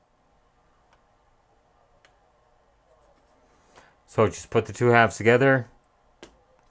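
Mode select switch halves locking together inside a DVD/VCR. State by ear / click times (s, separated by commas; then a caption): seated / 6.2 s. The two plastic halves of a VCR mode select switch inside a Magnavox ZV457MG9A DVD/VCR, after its contacts have been greased, are pushed together and the lock is pressed into place. Someone talks, and a sharp snap is heard at 6.2 s as the switch halves seat together.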